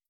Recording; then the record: hydrophone in a shrimp aquaculture tank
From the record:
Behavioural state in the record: starved